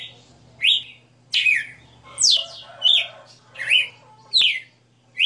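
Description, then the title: Red-cowled cardinal song of several bright whistled phrases, sharp downward sweeps mixed with short rising notes. Female bird singing a 60-note song, recorded live. "Canto Galo Campina Fêmea 02. Galo de Campina 60 NOTAS Cantando Ao vivo"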